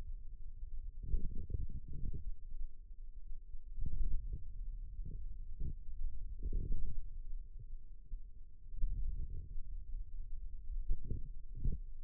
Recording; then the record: forearm muscle sounds (acoustic myography)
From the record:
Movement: radial deviation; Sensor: system 2, bracelet of six BSWA MPA416 microphones around the upper forearm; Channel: 4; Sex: male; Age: 22 years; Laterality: right